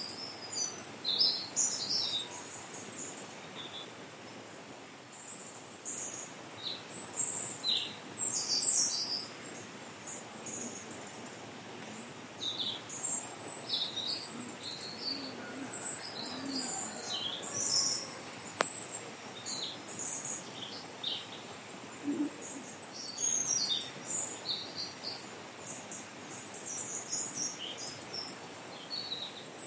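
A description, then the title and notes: A forest soundscape with many short, high bird chirps and calls scattered throughout over a steady low hiss, plus one sharp click near nineteen seconds. Soundscapes from different forests around the world.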